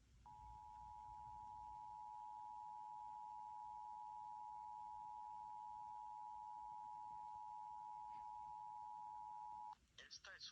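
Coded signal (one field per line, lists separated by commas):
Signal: Emergency Alert System (SAME) tones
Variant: 853 and 960 Hz attention tone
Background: speech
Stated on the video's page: 2023 national EAS test tones as they came through on various devices.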